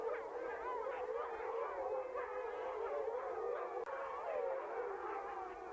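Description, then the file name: Italian wolf: italian wolves howling together in a chorus, several overlapping wavering tones sustained throughout with shifting pitches. Apennine wolf pack (Canis lupus italicus) howling together. "ululato branco lupo appenninico canis lupus italicus"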